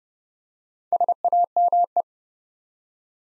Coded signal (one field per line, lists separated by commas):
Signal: Morse code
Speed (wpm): 30 wpm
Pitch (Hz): 700 Hz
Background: none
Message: SAME